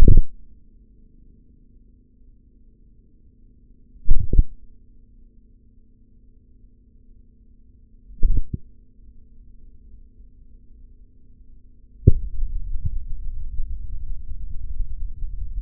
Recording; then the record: forearm muscle sounds (acoustic myography)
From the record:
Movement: hand opening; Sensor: system 3, bracelet of six PUI Audio POM-2738L microphones around the upper forearm, with dedicated amplification and filtering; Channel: 4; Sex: male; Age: 26 years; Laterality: right